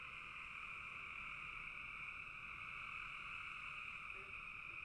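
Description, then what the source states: Frog chorus of many overlapping callers forming an unbroken trilling hum, with a brief lower note near the end. Frogs in a bog.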